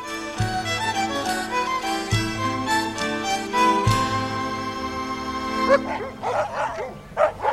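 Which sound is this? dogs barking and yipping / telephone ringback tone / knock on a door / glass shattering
dogs barking and yipping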